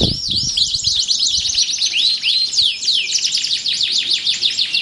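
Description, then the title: Canary song, looping arched whistles and quick rising-falling notes in a lively tumbling series, opening with a brief low noise. Belgian canary; warm-up song used to stimulate a canary to sing. "Canto Para Esquentar Canário Belga. SUARA BURUNG : Kenari"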